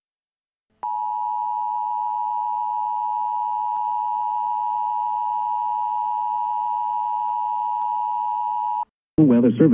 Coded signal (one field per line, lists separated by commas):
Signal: Emergency Alert System (SAME) tones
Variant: 853 and 960 Hz attention tone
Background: speech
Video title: An EAS Timeline of the 7/29/21 Trenton, NJ Tornado